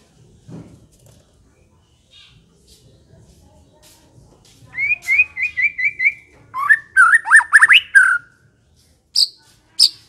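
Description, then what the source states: White-rumped shama song: quiet start, then a rapid run of repeated bright notes, varied whistled phrases sliding up and down, and two sharp high notes near the end. Lure recording of a fierce, aggressive white-rumped shama.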